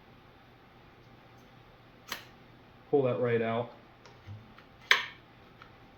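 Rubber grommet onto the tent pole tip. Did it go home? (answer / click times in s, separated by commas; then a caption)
yes / 4.9 s. A rubber tent grommet is pulled off the tent pole tip and pushed back down onto it while someone talks. A faint click comes at about 2.1 s, then a sharp, loud snap at 4.9 s as the grommet seats in place on the pole.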